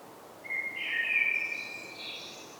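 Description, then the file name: Common blackbird song: one long, fluty whistled phrase held around a steady pitch, ending in a higher, thinner twitter over a light background hiss. "Turdus merula"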